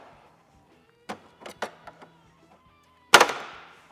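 A pry tool works a snap-in plastic wind deflector, held by two small plastic clips, off the inner fairing of a 2024+ Harley Road Glide. A series of short prying snaps at about 1.1, 1.5 and 1.6 seconds builds to a loud final pop at 3.1 seconds. The deflector pops free and is released.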